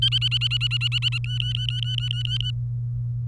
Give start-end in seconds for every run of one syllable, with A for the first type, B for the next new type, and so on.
0.02-1.18 A, 1.24-2.51 B